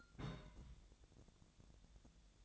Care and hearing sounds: daily activity, microphone in the room; place on stove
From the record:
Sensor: 3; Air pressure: 1000.0 hPa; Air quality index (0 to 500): 127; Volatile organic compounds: 2 ppm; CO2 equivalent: 1141 ppm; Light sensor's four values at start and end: 42/106/46/50 and 42/106/45/50

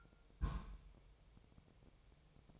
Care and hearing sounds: daily activity, microphone in the room; place on stove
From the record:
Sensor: 1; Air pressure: 999.3 hPa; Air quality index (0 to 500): 200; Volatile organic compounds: 42 ppm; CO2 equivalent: 3175 ppm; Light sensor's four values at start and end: 9/22/8/9 and 9/22/8/9

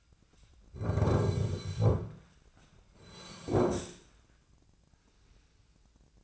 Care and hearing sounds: daily activity, microphone in the room; sit down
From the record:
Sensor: 2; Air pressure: 1009.1 hPa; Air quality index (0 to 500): 174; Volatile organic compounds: 2 ppm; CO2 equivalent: 1270 ppm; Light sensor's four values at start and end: 38/101/43/46 and 36/94/40/43

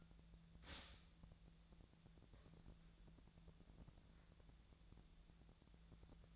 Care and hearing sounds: daily activity, microphone in the room; stop toaster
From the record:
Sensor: 3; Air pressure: 1009.4 hPa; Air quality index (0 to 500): 198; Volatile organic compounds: 17 ppm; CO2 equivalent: 2565 ppm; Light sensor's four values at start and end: 32/81/34/37 and 32/81/34/37

